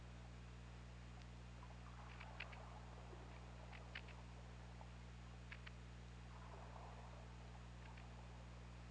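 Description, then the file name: Killer whale clicks in short bursts, scattered irregularly throughout, over a steady low underwater hum and hiss. Hydrophone, 16 February 2018, around 22:16. "Orca Lab"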